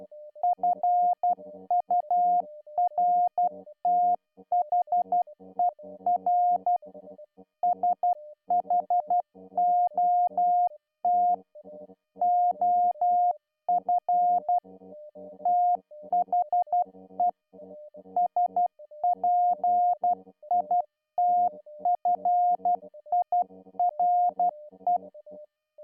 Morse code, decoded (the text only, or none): FURTHER SHOT OF THE SPITFIRE